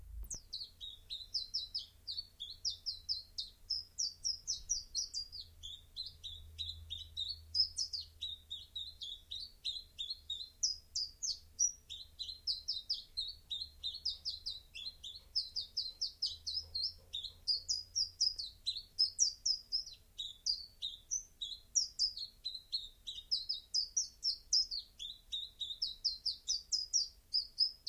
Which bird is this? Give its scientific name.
Phylloscopus collybita